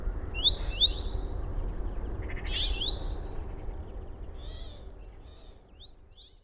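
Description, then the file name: Great tit calls: two quick rising chirps, then a harsher buzzy note and a few faint later chirps, with low background rumble fading out. "Parus major"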